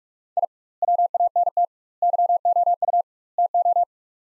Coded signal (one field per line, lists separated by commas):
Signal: Morse code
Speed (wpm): 42 wpm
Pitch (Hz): 700 Hz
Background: none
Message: I WANT YOU TO